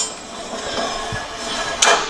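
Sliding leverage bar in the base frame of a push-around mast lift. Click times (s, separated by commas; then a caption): 1.8 s. After the keeper pin is pulled, the steel leverage bar is slid out of the base frame of a Snorkel UL40 push-around mast lift, with a low sliding rumble. At 1.8 s it locks into its deployed position with one loud, sharp metallic clank.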